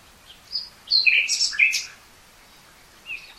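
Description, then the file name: Common nightingale giving a brief cluster of sharp high chirps and slurred notes, followed by a quiet gap and soft notes. "Luscinia megarhynchos"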